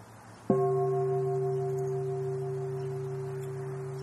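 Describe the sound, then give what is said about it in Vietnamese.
A single mindfulness bell is struck once by a teacher during a Dharma talk, inviting a return to mindful breathing: a sharp onset followed by a deep, sustained ringing hum with steady overtones that slowly fades over several seconds, with no voices. “Bây giờ để thầy thỉnh cho mình một tiếng chuông, mình trở về với hơi thở chánh niệm.”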